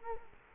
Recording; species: mosquito wingbeat signal from an infrared sensor; Culex quinquefasciatus